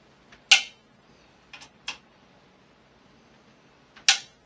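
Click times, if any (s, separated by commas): 0.5 s, 4.1 s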